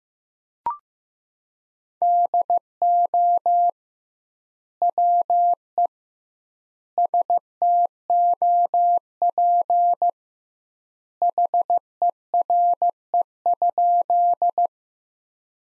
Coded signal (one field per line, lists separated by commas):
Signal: Morse code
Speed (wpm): 15 wpm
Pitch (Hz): 700 Hz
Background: none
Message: DO WE STOP HERE?